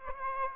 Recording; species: mosquito wingbeat signal from an infrared sensor; Aedes aegypti